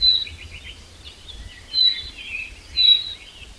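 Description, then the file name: Common chaffinch: three brief high whistled call notes about a second apart, with soft twittering from other birds. "Fringilla coelebs"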